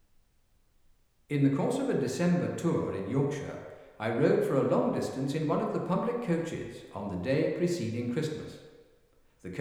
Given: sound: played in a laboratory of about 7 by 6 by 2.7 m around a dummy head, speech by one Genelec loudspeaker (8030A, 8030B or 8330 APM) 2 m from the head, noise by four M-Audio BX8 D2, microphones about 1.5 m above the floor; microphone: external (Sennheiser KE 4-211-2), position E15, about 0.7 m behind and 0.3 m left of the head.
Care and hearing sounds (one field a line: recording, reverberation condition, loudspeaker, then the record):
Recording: male speech in English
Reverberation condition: high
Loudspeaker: behind (180 degrees)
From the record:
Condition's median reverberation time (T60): about 1300 ms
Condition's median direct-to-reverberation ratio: about -4.0 dB